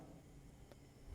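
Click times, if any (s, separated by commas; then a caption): 0.7 s. A metal IO shield is pressed into the rear panel opening of a PC case. It gives a short, sharp click at 0.7 s against a low steady background. The shield snaps into place and is seated.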